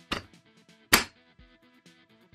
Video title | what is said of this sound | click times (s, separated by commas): AC Infinity Propagation Grow Tent Step-By-Step Assembly! | and simply flip it up and then I will lock into place | 0.9 s